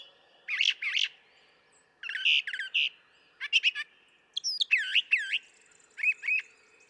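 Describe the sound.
Brown thrasher song of varied doubled phrases, harsh chirps alternating with sweeter slurred notes, separated by brief gaps.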